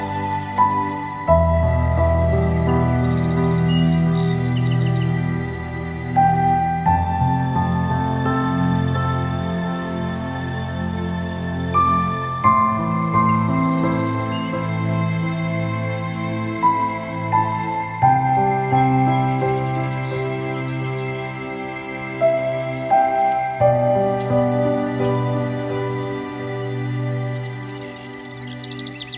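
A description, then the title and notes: Soft, slow music with sustained low chords that change every few seconds, roughly at 1, 6, 12, 18 and 23 seconds, under a held higher melody. Brief high chirps of bird song flicker above it now and then, and the level stays steady throughout. Morning Meditation (Birdsong). Soothing and relaxing music and bird song.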